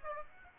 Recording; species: mosquito wingbeat signal from an infrared sensor; Aedes aegypti